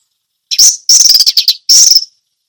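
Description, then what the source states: Orange-headed thrush singing three dense bursts of high, warbling whistles with slurred scratchy notes, against silence. Indonesian name anis merah; song style described as ngeplong teler.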